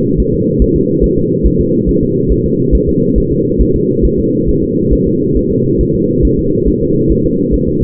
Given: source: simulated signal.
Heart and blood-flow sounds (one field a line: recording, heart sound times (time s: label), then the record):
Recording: fetal heart sounds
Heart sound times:
0.20 s: S1
0.34 s: S2
0.62 s: S1
0.76 s: S2
1.04 s: S1
1.18 s: S2
1.46 s: S1
1.61 s: S2
1.89 s: S1
2.03 s: S2
2.32 s: S1
2.46 s: S2
2.75 s: S1
2.89 s: S2
3.18 s: S1
3.32 s: S2
3.61 s: S1
3.76 s: S2
4.05 s: S1
4.19 s: S2
4.49 s: S1
4.63 s: S2
4.93 s: S1
5.07 s: S2
5.37 s: S1
5.51 s: S2
5.81 s: S1
5.95 s: S2
6.25 s: S1
6.39 s: S2
6.68 s: S1
6.82 s: S2
7.11 s: S1
7.26 s: S2
7.54 s: S1
7.69 s: S2
From the record:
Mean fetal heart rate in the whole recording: 140 bpm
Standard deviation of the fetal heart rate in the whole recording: 2 bpm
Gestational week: 34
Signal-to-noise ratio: -11.2 dB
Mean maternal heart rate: 72 bpm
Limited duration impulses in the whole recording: present